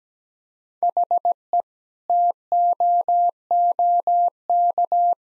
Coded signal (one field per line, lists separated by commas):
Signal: Morse code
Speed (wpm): 17 wpm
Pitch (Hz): 700 Hz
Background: none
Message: HE TOOK